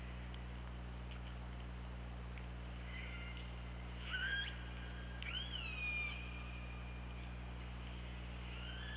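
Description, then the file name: Orca calls: a few rising and falling whistled, harmonic cries in the middle, one sweeping sharply upward, over a steady low hum. Recorded 24 August 2017, around 23:28. "Orca Lab"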